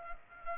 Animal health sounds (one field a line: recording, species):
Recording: mosquito wingbeat signal from an infrared sensor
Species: Culex pipiens